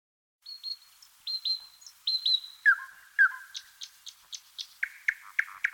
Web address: Solovej obyknovennyj Luscinia luscinia - Penie. Solovej obyknovennyj Luscinia luscinia - Aleksandrov-2021-05-15-20 58